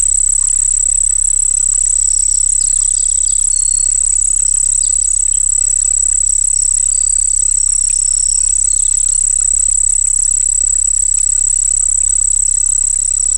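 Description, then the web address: Cricket chorus: a sustained high-pitched trill without pause, light chirps flickering above it and a low steady hum underneath. Crickets singing by a pond. "Dr Sound Effects. Crickets Singing By a Pond"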